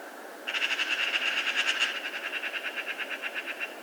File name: Pica pica